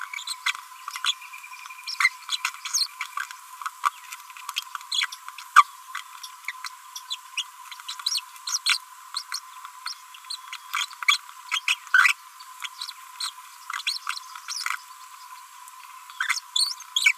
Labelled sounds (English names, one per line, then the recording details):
Green-rumped Parrotlet babbling
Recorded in a nest box in Venezuela
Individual 18B25A5